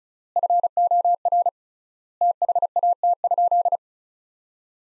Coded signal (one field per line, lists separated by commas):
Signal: Morse code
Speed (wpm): 36 wpm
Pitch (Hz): 700 Hz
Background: none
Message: FOR THAT?